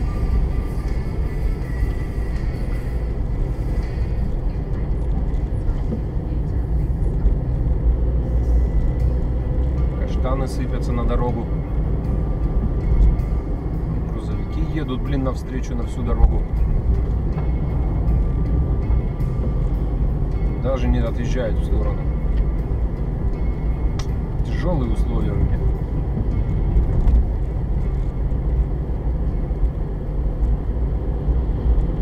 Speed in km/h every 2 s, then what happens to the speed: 47, 47, 48, 48, 48, 52, 54, 53, 48, 49, 53, 55, 48, 47, 52, 55.
0-8 steady at about 48. 8-11 speeds up to 54. 11-22 steady at about 53. 22-26 slows to 47. 26-32 speeds up to 55.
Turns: none.